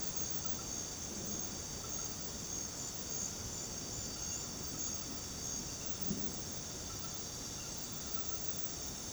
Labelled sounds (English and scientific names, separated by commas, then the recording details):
none
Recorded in pastures near Puerto Asís, Putumayo, Colombia, on 13 March 2025 at 22:00
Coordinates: 0.486, -76.323
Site G075